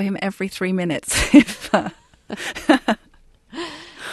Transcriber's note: soundbite of laughter